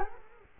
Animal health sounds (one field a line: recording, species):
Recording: mosquito wingbeat signal from an infrared sensor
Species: Culex quinquefasciatus